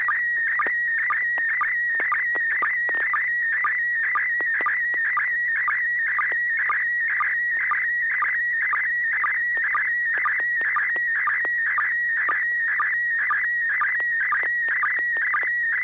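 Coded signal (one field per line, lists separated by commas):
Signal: SSTV (slow-scan television)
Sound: continuous warbling tone with rhythmic clicks about twice a second, steady low hum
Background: low hum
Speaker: if you're ready to do some slow scan tonight will say get ready to transmit i'll just go down the uh the list starting with enders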